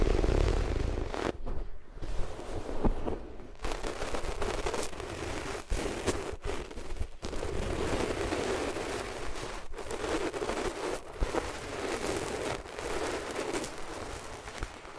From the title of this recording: Rubbing Your Ears on Different Materials